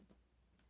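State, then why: Not seated. A plastic dust cup on a Eureka TheBoss Power Plus (4703) vacuum is twisted to lock it back into the vacuum body, but it does not want to go all the way back. Only a faint, short tick is heard near 0.6 s over a low steady hum. Nothing has locked or clicked into place yet.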